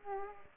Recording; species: mosquito wingbeat signal from an infrared sensor; Aedes aegypti